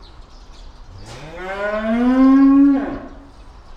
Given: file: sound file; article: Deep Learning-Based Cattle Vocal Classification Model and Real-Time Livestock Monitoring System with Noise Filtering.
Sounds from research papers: cattle; estrus call

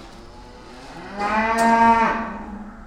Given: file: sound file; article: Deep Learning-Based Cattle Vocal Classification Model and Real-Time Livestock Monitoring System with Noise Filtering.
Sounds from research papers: cattle; food anticipating call

